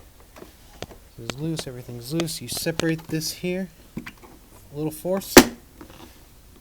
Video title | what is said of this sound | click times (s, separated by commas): [HOW TO] Honda CBR600RR fairing removal and air filter replacement 2013, 2014, 2015, 2016 | a little click that's good | 5.8 s